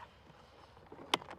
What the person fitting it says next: and they click into place there